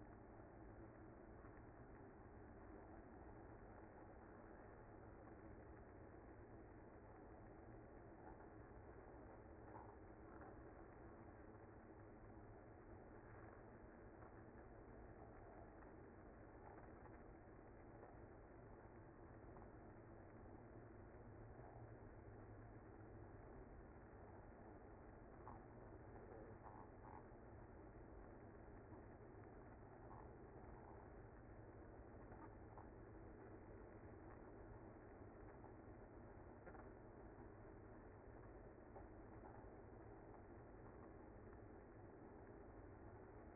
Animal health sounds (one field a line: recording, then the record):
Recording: honeybee colony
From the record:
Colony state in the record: active